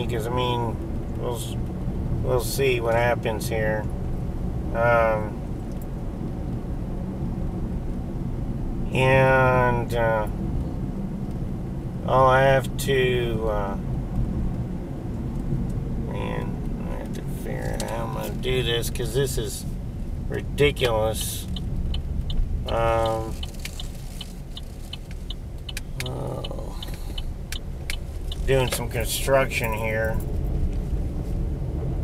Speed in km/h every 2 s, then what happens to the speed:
50, 50, 48, 47, 45, 45, 45, 42, 32, 24, 19, 11, 11, 10, 19, 27.
0-13 steady at about 47. 13-24 slows to 11. 26-32 speeds up to 27.